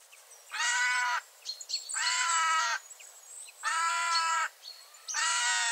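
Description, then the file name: Eurasian jay calling with four long, grating screeches, each about half a second or more, separated by short pauses with faint softer notes. "Garrulus glandarius"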